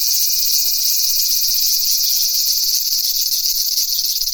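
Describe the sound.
Cicadas producing a loud, continuous rasping whine with no pauses.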